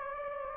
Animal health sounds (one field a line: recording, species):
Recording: mosquito wingbeat signal from an infrared sensor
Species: Anopheles gambiae